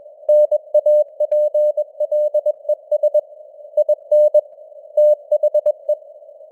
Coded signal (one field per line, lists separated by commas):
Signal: Morse code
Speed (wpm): 21 wpm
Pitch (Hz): 600 Hz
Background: none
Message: NAPLES IN THE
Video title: Morse Code News | 2025-10-11 | 21wpm